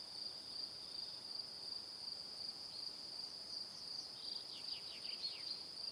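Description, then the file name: Continuous shrill cricket trill, with a lively sequence of short, rapidly falling chirps near the end. Crickets in the evening. "Calm - Evening Crickets"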